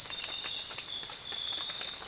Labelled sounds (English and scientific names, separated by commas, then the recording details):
none
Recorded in secondary vegetation near Puerto Asís, Putumayo, Colombia, on 25 June 2025 at 00:30
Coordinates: 0.499, -76.323
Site G077